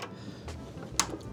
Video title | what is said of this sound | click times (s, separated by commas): Champion Installation Tutorial | Press that in. Make sure you get you hear that click. | 1.0 s